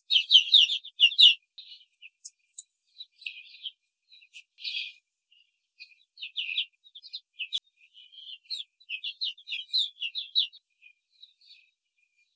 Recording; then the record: young laying hens in a cage, short pieces joined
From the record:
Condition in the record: control cage, before the stress test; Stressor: none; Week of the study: 4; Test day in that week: 1